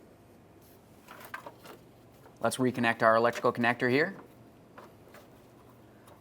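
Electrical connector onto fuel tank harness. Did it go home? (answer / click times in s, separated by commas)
no / none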